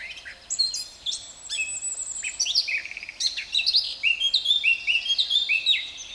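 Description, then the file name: Eurasian blackcap singing a lively warble, mixing squeaky high notes with clear whistled phrases that flow almost without a break for six seconds. "Sylvia atricapilla"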